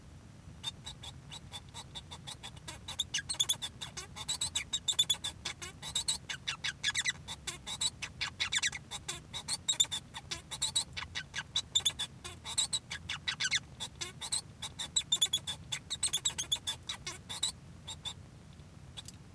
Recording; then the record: song of a male Bengalese finch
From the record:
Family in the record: son of father 1